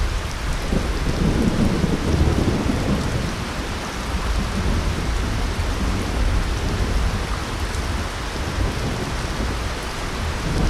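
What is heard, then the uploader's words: Heavy rain drums steadily on a glass roof, a dense, unbroken hiss spread from low rumble to bright patter. A deep thunder roll swells underneath around two to three seconds in, and the low rumbling lingers throughout at a constant loudness. Heavy Rain and Thunder Sounds On Glass Roof at Night.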